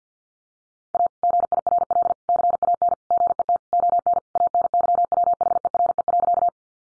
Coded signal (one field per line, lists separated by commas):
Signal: Morse code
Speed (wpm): 50 wpm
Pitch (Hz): 700 Hz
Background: none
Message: A GIRL CAN GET ON ANYWHERE.